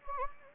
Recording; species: mosquito wingbeat signal from an infrared sensor; Anopheles gambiae